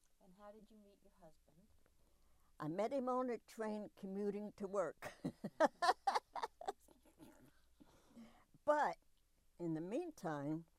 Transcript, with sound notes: And how did you meet your husband?
I met him on a train, commuting to work! [Laughs] But, in the mean time,